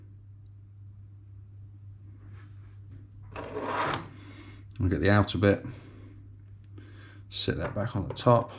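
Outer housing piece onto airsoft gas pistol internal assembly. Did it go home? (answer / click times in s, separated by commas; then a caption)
no / none. Someone talks while handling the outer housing piece of a Tokyo Marui P226 airsoft gas pistol, sitting it back on top of the internal assembly after a broken valve knocker fix. Low hum and a few faint handling taps are heard between the words. Nothing has seated or clicked yet; the part has not gone home.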